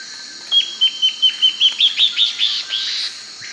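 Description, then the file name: Bird calling a rapid series of about ten short, clear, high notes, the later ones slightly buzzier, over a steady high-pitched insect drone. "SABIOD 50 bird 2015"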